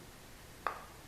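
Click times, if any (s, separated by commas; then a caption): 0.7 s. A large screw is set in an existing threaded hole and turned backwards until its thread drops into the original thread. A single sharp click sounds at 0.7 seconds over a quiet background, showing the thread has seated.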